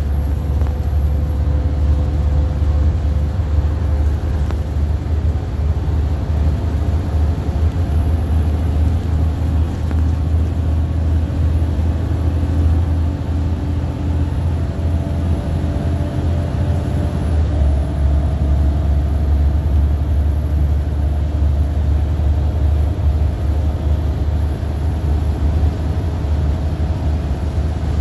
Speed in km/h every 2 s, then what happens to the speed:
72, 76, 76, 79, 81, 82, 84, 85, 85, 89, 89, 92, 92, 93.
0-28 speeds up to 93.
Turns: none.